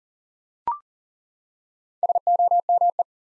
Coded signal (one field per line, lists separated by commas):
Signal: Morse code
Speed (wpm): 40 wpm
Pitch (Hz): 700 Hz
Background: none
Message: SOME